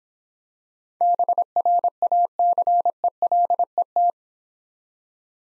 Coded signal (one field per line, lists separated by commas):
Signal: Morse code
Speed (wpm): 25 wpm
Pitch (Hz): 700 Hz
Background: none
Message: BRACELET